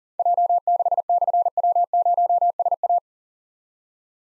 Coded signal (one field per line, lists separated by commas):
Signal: Morse code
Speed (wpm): 40 wpm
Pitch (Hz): 700 Hz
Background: none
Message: J6/W0SA